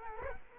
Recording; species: mosquito wingbeat signal from an infrared sensor; Culex quinquefasciatus